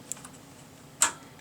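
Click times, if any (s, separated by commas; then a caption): 0.1 s, 1.0 s. A memory module (RAM stick) is pushed straight down into a motherboard DIMM slot, and its two plastic side latches snap closed with a sharp click at 0.1 s and a louder click at 1.0 s, one from each latch, with a couple of faint ticks around them. The module is seated.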